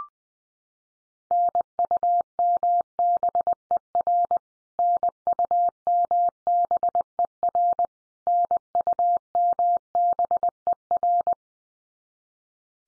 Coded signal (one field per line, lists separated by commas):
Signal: Morse code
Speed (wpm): 19 wpm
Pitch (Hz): 700 Hz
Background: none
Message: NUMBER NUMBER NUMBER